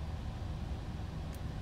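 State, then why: Not seated. A camera mounting piece is slid over the FPV camera on a drone frame and its alignment is checked. Only a steady low rumble of background noise is heard, with no distinct sounds. Nothing has seated or clicked yet.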